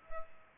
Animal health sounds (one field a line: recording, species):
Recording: mosquito wingbeat signal from an infrared sensor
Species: Culex pipiens